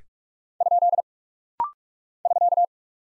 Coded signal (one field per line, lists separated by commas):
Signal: Morse code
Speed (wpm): 46 wpm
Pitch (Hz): 700 Hz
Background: none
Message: ? <SK>